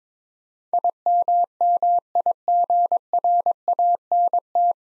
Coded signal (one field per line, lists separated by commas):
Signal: Morse code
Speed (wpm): 22 wpm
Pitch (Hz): 700 Hz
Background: none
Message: IMMIGRANT